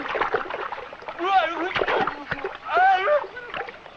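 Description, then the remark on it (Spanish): A man falls and splashes heavily into river water, with a few sloshing bursts as agitated voices shout over and around the commotion. “¡Hombre, el agua!”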